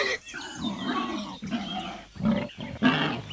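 A bear lets out a string of curious, rough, throaty grunts and growls as it enters, several loud rasping bursts separated by brief pauses, with no voices.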